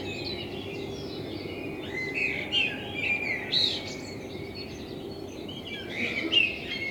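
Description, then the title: Common blackbird song, a few short warbled phrases with high twittering, over steady background noise. Blackbird in front of the recordist's window; binaural recording with a self-built dummy head, intended for headphone listening. "Kunstkopfaufnahme der Amsel vor meinem Fenster"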